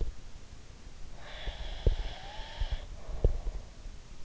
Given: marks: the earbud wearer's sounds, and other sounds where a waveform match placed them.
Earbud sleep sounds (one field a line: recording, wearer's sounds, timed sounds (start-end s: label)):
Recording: sounds in sleep by an in-ear microphone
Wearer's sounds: breath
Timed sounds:
0.00-0.17 s: sound from someone else or the room
1.10-3.72 s: breath
1.39-4.25 s: sound from someone else or the room